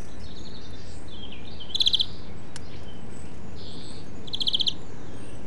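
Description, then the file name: European greenfinch uttering two short fast rattling trills about two and a half seconds apart, with faint calls of other birds and constant low background noise. "Chloris chloris"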